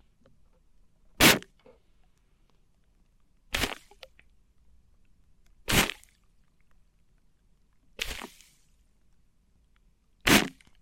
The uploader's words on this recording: ASMR Sensitive Tingles with Mics Under Tape (No Talking).